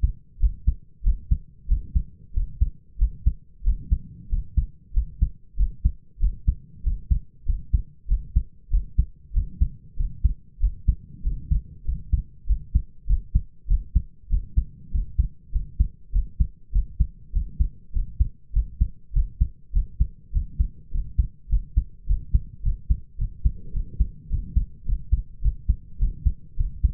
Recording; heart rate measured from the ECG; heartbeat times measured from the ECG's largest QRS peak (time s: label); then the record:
heart sounds by stethoscope; 99 bpm
0.39 s: heartbeat
1.03 s: heartbeat
1.67 s: heartbeat
2.33 s: heartbeat
2.98 s: heartbeat
3.63 s: heartbeat
4.29 s: heartbeat
4.93 s: heartbeat
5.56 s: heartbeat
6.19 s: heartbeat
6.83 s: heartbeat
7.45 s: heartbeat
8.07 s: heartbeat
8.70 s: heartbeat
9.33 s: heartbeat
9.96 s: heartbeat
10.59 s: heartbeat
11.22 s: heartbeat
11.84 s: heartbeat
12.46 s: heartbeat
13.06 s: heartbeat
13.67 s: heartbeat
14.29 s: heartbeat
14.91 s: heartbeat
15.51 s: heartbeat
16.12 s: heartbeat
16.72 s: heartbeat
17.32 s: heartbeat
17.92 s: heartbeat
18.53 s: heartbeat
19.13 s: heartbeat
19.72 s: heartbeat
20.32 s: heartbeat
20.91 s: heartbeat
21.49 s: heartbeat
22.06 s: heartbeat
22.62 s: heartbeat
23.17 s: heartbeat
23.72 s: heartbeat
24.29 s: heartbeat
24.85 s: heartbeat
25.41 s: heartbeat
25.98 s: heartbeat
26.56 s: heartbeat
From the record:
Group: healthy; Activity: rest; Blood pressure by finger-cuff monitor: 98/61 mmHg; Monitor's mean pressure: 71 mmHg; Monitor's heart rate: 97 bpm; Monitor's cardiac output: 6.7 L/min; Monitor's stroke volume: 69 mL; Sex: male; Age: 22 years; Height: 181 cm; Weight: 60 kg